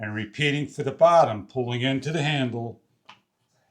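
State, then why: Seated. Someone talks while the bottom suction cup of a shower grab bar is pressed against the wall and its locking lever is pushed down. A single short snap is heard at 3.1 seconds as the lever locks the suction cup into place with force.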